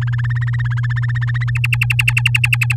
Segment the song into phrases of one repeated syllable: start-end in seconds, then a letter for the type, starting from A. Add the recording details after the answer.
0.01-1.50 A, 1.55-2.75 B. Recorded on 9 May 2018 at 11:45. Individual llb16